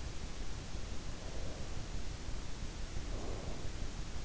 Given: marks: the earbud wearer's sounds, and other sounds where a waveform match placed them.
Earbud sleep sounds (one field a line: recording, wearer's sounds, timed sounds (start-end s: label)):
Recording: sounds in sleep by an in-ear microphone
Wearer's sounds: breath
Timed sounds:
1.09-3.86 s: breath